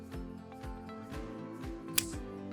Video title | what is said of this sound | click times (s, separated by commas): Pathfinder™ 2-Seat and 4-Seat Stroller Wagon Assembly Video - Radio Flyer | Extend the canopy poles by pulling straight up until you hear a click. | 2.0 s